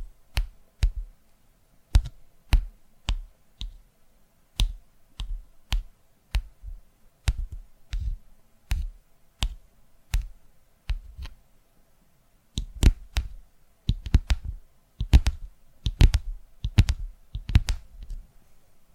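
ASMR tapping: sharp, crisp taps land one at a time at a fairly steady pace, about two per second, each with a dull thump beneath a bright click. After about twelve seconds the tapping grows denser and busier, with quick doubled taps, over a near-silent background.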